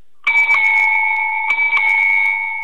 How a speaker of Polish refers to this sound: A propos sygnałów, to chcę, żeby trójka posłuchała, jaki sobie kupiłem ostatnio dzwonek w Amsterdamie do roweru.